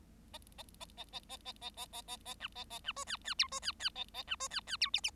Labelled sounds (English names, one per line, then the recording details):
Bengalese Finch song
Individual Bird7